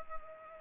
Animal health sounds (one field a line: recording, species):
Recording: mosquito wingbeat signal from an infrared sensor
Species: Culex pipiens